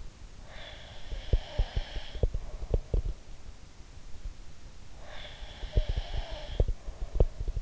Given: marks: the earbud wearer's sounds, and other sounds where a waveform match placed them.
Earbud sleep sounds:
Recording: sounds in sleep by an in-ear microphone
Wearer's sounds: breath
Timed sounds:
0.41-3.17 s: breath
1.06-3.17 s: sound from someone else or the room
4.94-7.61 s: breath
5.40-7.61 s: sound from someone else or the room

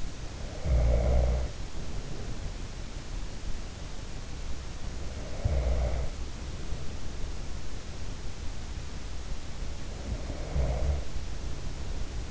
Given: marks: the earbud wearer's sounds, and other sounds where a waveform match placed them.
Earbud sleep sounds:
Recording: sounds in sleep by an in-ear microphone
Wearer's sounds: snoring breath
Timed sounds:
0.00-2.72 s: snoring breath
4.86-7.45 s: snoring breath
9.85-12.30 s: snoring breath

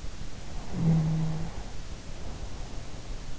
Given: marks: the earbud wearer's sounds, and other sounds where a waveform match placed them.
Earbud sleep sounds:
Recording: sounds in sleep by an in-ear microphone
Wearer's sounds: snoring breath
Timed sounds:
0.61-3.14 s: snoring breath

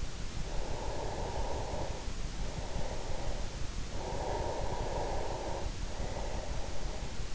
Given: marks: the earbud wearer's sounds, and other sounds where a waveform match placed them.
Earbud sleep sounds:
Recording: sounds in sleep by an in-ear microphone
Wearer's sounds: breath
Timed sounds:
0.24-3.72 s: breath
3.90-7.35 s: breath

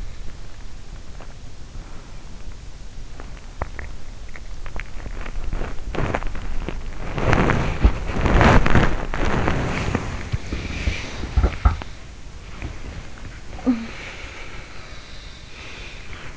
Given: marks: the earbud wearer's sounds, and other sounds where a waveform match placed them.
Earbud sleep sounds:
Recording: sounds in sleep by an in-ear microphone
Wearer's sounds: body movement, teeth grinding, talking in sleep, breath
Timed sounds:
1.17-2.60 s: body movement
3.15-13.41 s: body movement
3.53-5.01 s: teeth grinding
11.21-12.06 s: sound from someone else or the room
13.39-14.51 s: talking in sleep
13.49-16.36 s: breath

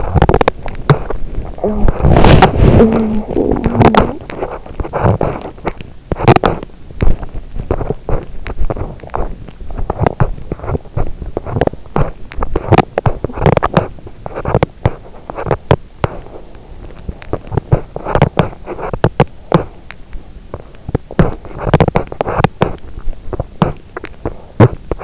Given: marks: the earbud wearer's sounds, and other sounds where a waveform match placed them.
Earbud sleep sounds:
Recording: sounds in sleep by an in-ear microphone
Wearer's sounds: teeth grinding, body movement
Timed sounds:
0.00-1.54 s: teeth grinding
1.98-5.46 s: body movement
5.93-25.04 s: teeth grinding

